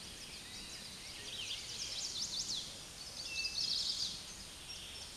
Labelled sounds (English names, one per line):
Eastern Towhee song